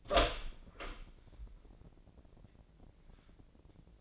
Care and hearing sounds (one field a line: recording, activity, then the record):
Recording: daily activity, microphone in the room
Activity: open door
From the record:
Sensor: 5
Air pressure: 1012.4 hPa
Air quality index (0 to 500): 159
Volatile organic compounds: 2 ppm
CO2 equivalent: 1086 ppm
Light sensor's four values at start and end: 231/562/236/257 and 236/575/241/264